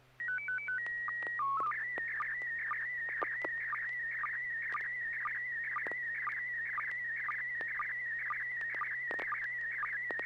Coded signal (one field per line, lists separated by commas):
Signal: SSTV (slow-scan television)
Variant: PD 120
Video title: N6NA SSTV Net - 08/30/2023